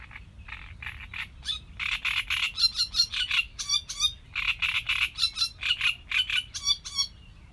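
Sedge warbler song: a fast, chattering jumble of harsh churrs and grating notes mixed with thin whistles, delivered in rapid bursts several times per second.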